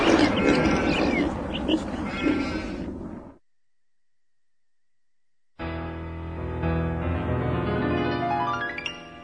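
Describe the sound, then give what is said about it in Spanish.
Loud, rough pig grunts and snorts pile up for about three seconds, then cut to silence before a sustained tonal passage with a rising whistle-like sweep begins. “No sé por qué escucho chanchos en todo momento.”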